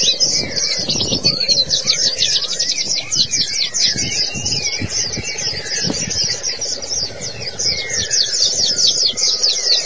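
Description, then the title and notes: White-eye song: a rapid, continuous torrent of thin, high twitters and chirps over scattered low knocks and background noise. "Kicauan Burung Pleci Durasi Panjang. Suara kicauan burung pleci"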